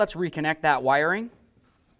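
Someone talks for about the first 1.3 seconds while reconnecting the wiring harness connector to the alternator during alternator replacement on a 2002-2006 Honda CR-V, then the clip goes quiet. Nothing has seated or clicked yet; the connector is still being handled.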